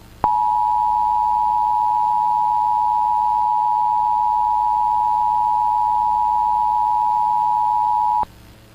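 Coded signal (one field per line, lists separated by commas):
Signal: Emergency Alert System (SAME) tones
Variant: 853 and 960 Hz attention tone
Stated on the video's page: Fictional scenario alert about a blast furnace, not a real activation.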